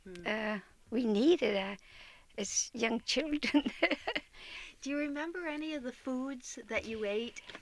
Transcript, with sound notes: that we needed, as young children. [Chuckles]
Do you remember any of the foods that you ate?